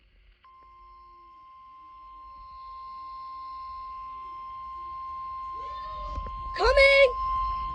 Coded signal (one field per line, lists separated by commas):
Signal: Emergency Alert System (SAME) tones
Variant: 1050 Hz attention tone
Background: speech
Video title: Required Weekly Test On AFD [EAS #198] [April 1, 2020]